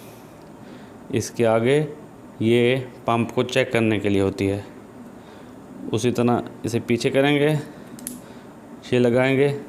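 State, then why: Seated. Someone talks while the sleeve of a new PCP hand pump's quick coupler is pulled back and the pump test fitting is pushed in. A sharp metallic click sounds at 8.0 s and 8.1 s as the test fitting snaps into the quick coupler and seats.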